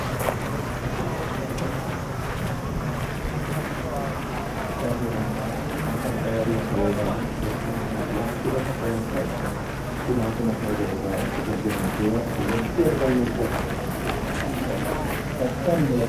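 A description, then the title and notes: A recording made at Yasukuni Shrine in Tokyo, filled with a steady murmur of many overlapping voices talking at once. The level stays even throughout, with a low rumble underneath and occasional brief clicks and footsteps breaking through the crowd chatter. Field-recorded at Yasukuni Shrine, Tokyo.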